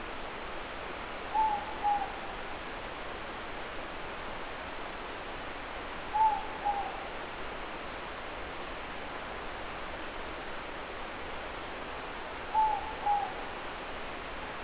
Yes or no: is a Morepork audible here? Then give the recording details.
yes. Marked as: faintness 3/5. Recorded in New Zealand. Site Eglinton